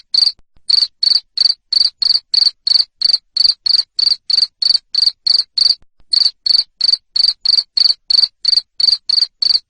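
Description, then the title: Cricket calling with evenly spaced, shrill chirps about three each second, pausing briefly twice. Loud cricket chirping used to stimulate lovebirds into continuous chattering song. "Suara JANGKRIK NGERIK Keras Bikin LOVEBIRD Jadi NGEKEK Terus Vubey"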